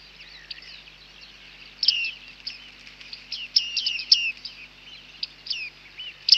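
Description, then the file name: Bearded reedling calls, high metallic 'ping' notes and short descending chirps, scattered singly and in quick bursts, with a faint low hum underneath. "Bearded Tit (Panurus biarmicus)"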